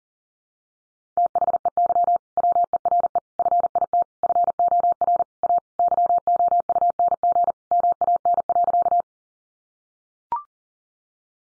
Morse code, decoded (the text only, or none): THEY WERE FIT FOR A YOUNG MAN.